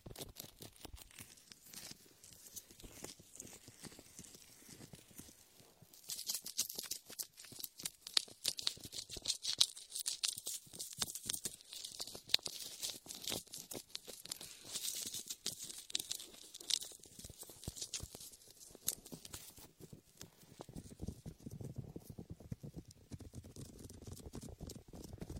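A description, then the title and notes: Latex gloves massage an ear covered in shaving foam, making a dense, constant crackle of tiny pops and squelches. From about six to twenty seconds a bright, fizzing hiss rides over the crackling, then the sound turns duller, with a low, muffled rubbing. Latex ear massage with shaving foam for comfort.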